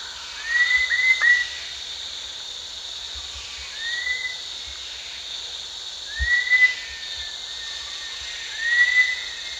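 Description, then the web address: Rufous-tailed shama whistling in short phrases spaced a few seconds apart, some doubled, against a constant insect chorus. Recorded at Danum on 1 January 2008. "DANUM 20080101. rufous-tailed shama"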